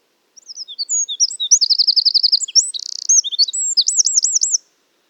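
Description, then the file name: Eurasian wren delivering a vigorous high-pitched song of quick twittering notes, a buzzy mid-song trill and repeated looping whistles, about four seconds long. "Troglodytes troglodytes"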